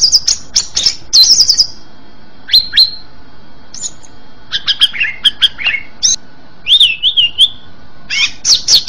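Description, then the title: Oriental magpie-robin singing varied phrases: clear whistled notes, a wavering whistle, and short chattering trills separated by brief gaps. "Kacer"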